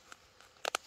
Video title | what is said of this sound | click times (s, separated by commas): Solo Winter Backpacking in the High Uintas of Utah. Snowshoeing, Gear Highlights, & Campfire Cooking | snaps in place like so snaps | 0.7 s, 0.8 s